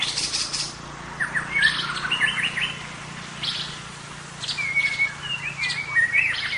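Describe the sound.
White-rumped shama song with raspy chattering bursts and several clear whistles, then a quieter gap before more sharp whistled notes; a faint low hum underneath.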